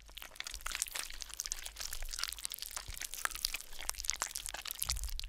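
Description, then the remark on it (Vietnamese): Wet, squelching chewing sounds run continuously, heard at a funeral beside a coffin, a dense stream of small crunchy, crackling clicks at a steady moderate loudness with no voices. “Hôm đấy khi đám con cháu của bà đang khóc lóc bù lu bù loa bên quan tài, thì tự nhiên nghe thấy những âm thanh ghê rợn, nhóp nhép nhọp nhẹp.”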